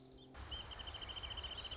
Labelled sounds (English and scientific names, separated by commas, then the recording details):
Wrentit (Chamaea fasciata)
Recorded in Sonoma County, California